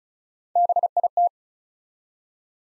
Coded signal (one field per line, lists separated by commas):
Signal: Morse code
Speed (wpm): 36 wpm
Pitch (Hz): 700 Hz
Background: none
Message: BIT